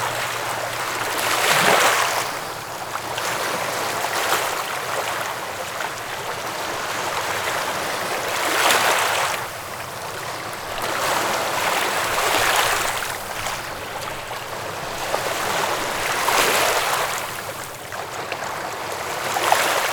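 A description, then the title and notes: River water splashes in a steady rush, with bright surges swelling every few seconds, around 2, 9, 12 and 16 seconds. A continuous hiss of moving water fills the gaps between bursts, with a faint low rumble underneath, dense throughout. Splashing River Waves.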